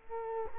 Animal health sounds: mosquito wingbeat signal from an infrared sensor; Culex quinquefasciatus

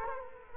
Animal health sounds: mosquito wingbeat signal from an infrared sensor; Culex quinquefasciatus

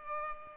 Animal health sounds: mosquito wingbeat signal from an infrared sensor; Culex pipiens

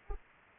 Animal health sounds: mosquito wingbeat signal from an infrared sensor; Anopheles arabiensis

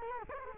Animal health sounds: mosquito wingbeat signal from an infrared sensor; Culex quinquefasciatus

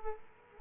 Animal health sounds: mosquito wingbeat signal from an infrared sensor; Aedes aegypti

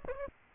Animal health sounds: mosquito wingbeat signal from an infrared sensor; Aedes aegypti

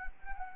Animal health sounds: mosquito wingbeat signal from an infrared sensor; Anopheles arabiensis

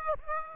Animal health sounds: mosquito wingbeat signal from an infrared sensor; Aedes aegypti

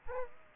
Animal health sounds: mosquito wingbeat signal from an infrared sensor; Aedes aegypti

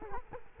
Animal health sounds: mosquito wingbeat signal from an infrared sensor; Culex quinquefasciatus

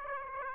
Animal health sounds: mosquito wingbeat signal from an infrared sensor; Aedes aegypti

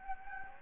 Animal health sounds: mosquito wingbeat signal from an infrared sensor; Anopheles gambiae

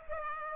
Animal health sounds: mosquito wingbeat signal from an infrared sensor; Culex pipiens

